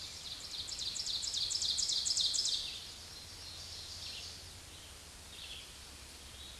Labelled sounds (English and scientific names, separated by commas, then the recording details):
Ovenbird (Seiurus aurocapilla) song
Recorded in a Pennsylvania forest on 16 May 2024 at 07:34
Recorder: AudioMoth, point MSD-1539
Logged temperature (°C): 16.0 °C
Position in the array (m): 169 m, -27 m